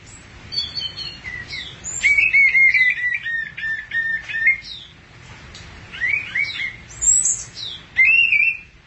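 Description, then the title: Thrush song: a varied medley of rapid trills, chattering runs and slurred whistles, loud and busy with a brief lull midway. "burung anis x"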